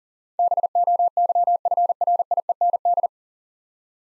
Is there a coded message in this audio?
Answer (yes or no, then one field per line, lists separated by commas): yes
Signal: Morse code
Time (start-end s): 0.4-3.1 s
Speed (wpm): 40 wpm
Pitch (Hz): 700 Hz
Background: none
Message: BOYFRIEND